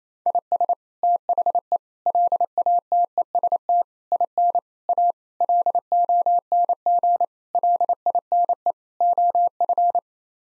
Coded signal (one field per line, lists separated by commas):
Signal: Morse code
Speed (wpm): 28 wpm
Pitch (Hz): 700 Hz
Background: none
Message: IS THE LATEST IN A LONG LINE OF